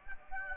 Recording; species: mosquito wingbeat signal from an infrared sensor; Aedes aegypti